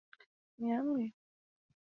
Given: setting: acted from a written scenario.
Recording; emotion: vocal sound without words; desire